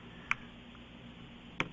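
A blade is wedged between the rubber cup and the plastic scissor retainer of an HP Compaq Presario Pavilion DV6000, CQ45 or C700 laptop keyboard key, and the two plastic pieces are stretched apart. Two sharp ticks sound at 0.3 s and 1.6 s over a quiet background as the retainer clicks apart and is released.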